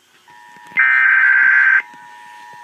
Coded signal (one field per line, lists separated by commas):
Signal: Emergency Alert System (SAME) tones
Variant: header bursts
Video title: EAS 319 ALASKA HIGH WIND WARNING